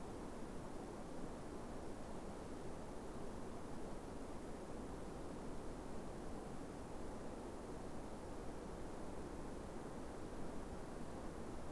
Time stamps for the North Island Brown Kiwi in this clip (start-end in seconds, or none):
none